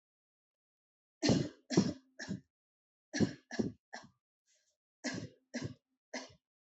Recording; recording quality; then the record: shallow voluntary cough; excellent, no background noise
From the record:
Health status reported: healthy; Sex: female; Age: 22 years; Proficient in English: yes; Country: India